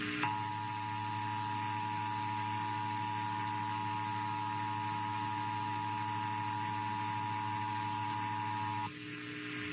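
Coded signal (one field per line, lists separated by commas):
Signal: Emergency Alert System (SAME) tones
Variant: 853 and 960 Hz attention tone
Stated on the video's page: Monthly tests received from Iowa and from Imperial and San Diego, California.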